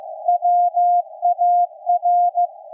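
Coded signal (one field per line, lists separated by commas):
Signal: Morse code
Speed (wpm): 15 wpm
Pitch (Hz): 700 Hz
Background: none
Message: WAR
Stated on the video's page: Maritime coast station KPH reactivated for Night of Nights, CW on shortwave received with an SDRplay RSP1A.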